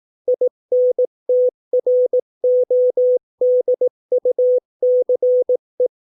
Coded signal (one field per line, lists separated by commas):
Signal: Morse code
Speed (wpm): 18 wpm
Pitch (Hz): 500 Hz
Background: none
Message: INTRODUCE